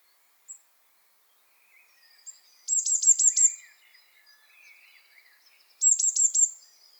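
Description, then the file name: Eurasian blue tit calls: two short churring bursts of rapid high notes about three seconds apart, with faint soft twitters between. "Cyanistes caeruleus"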